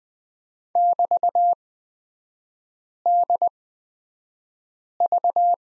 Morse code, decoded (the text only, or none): <BT>DV